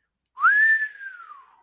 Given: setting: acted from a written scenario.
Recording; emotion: vocal sound without words; romantic love